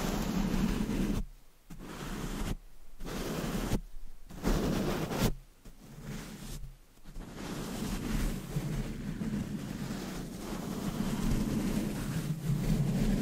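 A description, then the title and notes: Dense brushing and scratching rubs against a microphone, full of low rumble and rough texture like surf. For the first seven seconds it cuts off repeatedly in brief silences, about every 1.3 seconds. After that the strokes run steadily without pause. ASMR Deep Mic Brushing , Scratching & Massage Asmr No Talking for Sleep with Long Nails.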